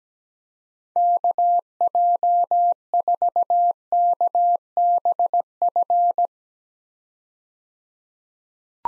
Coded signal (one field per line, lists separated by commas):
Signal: Morse code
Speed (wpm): 17 wpm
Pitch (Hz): 700 Hz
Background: none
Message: KJ4KBF